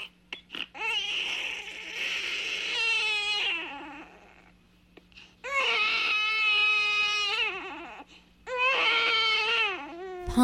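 Three long, high-pitched wailing cries from an infant, each a few seconds long with short gasping pauses between, the pitch rising and falling. A steady low hum runs underneath. It is an ordinary infant cry.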